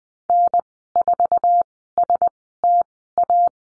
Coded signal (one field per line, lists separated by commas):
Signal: Morse code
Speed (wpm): 20 wpm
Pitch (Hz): 700 Hz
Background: none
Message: N4STA